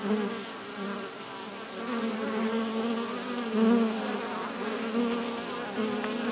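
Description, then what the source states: Bees humming continuously, a low droning buzz with wavering overtones, rising and falling slightly in loudness throughout. Bees inside a hive in a tree, recorded with wind.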